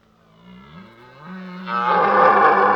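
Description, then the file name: Deer call, a low moaning groan that builds into a loud, rough roar at the end. "Burlen herten"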